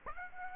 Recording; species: mosquito wingbeat signal from an infrared sensor; Aedes aegypti